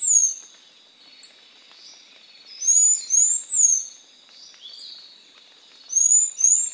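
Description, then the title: Bird song: high whistled slurred notes in groups of two or three, with short sharp chirps between them, over a steady high tone. "LuckyPassaro Completos2Sama"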